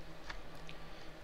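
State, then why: Seated. An audio/harness connector is placed face down onto the back of an aftermarket Android screen and pushed in during a factory navigation screen upgrade on an Acura TSX ELS Tech Package. Two short, sharp clicks are heard at 0.3 s and 0.7 s over a steady low hum, and the connector is seated.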